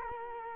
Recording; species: mosquito wingbeat signal from an infrared sensor; Culex quinquefasciatus